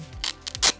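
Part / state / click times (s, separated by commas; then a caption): corner connector into modular LED light panel / seated / 0.5 s. A plastic corner connector is pushed onto a modular LED wall light panel and clips in, seating with sharp clicks at 0.5 s and 0.6 s. Bursts of rubbing, scraping plastic noise come before and after the clicks.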